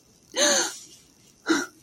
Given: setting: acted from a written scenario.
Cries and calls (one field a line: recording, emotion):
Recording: vocal sound without words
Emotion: fear